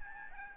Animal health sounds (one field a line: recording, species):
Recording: mosquito wingbeat signal from an infrared sensor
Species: Aedes albopictus